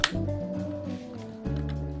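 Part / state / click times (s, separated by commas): plastic toy part into the robot figure's body / seated / 0.0 s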